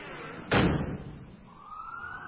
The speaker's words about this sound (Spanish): Fíjense, amigos. Fíjense, eso parece una ambulancia, ¿verdad?